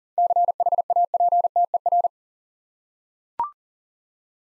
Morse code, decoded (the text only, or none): CHAPTER